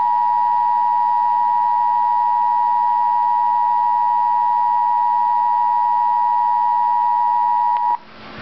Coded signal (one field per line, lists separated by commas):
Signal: Emergency Alert System (SAME) tones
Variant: 853 and 960 Hz attention tone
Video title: Real EAS Alert #33 - Severe Thunderstorm Warning